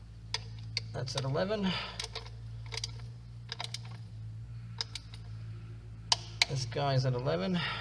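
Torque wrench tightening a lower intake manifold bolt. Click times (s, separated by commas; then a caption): 0.3 s, 0.8 s. A torque wrench set to 11 Nm tightens a lower intake manifold bolt in a cross pattern and clicks at 0.3 s and 0.8 s, confirming the bolt has reached its torque setting. Further sharp ticks follow through the clip while someone talks.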